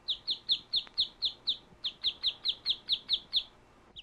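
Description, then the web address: Duck calls: a fast, regular series of high, falling peeps, each note sharp and clear against a quiet background. "утки"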